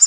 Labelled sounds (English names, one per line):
Prairie Warbler flight call